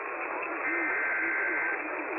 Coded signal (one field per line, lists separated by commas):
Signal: Emergency Alert System (SAME) tones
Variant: header bursts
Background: speech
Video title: THE ALERTS KEEP COMING... EAS Alerts from 3/14-15/24 (EAS #3,736 - 3,756)